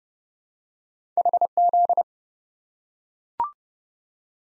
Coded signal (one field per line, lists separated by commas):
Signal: Morse code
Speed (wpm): 30 wpm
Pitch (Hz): 700 Hz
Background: none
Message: HZ